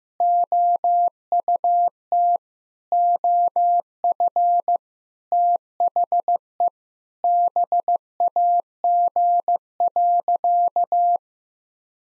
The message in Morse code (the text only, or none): OUT OF THE BAG.